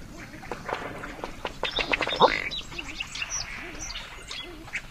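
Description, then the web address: Ruddy duck giving a rapid rattle of ticks ending in a low belch-like note. North America; common western species. "Songs of Birds of North America Know Your Bird Sounds. Ruddy Duck"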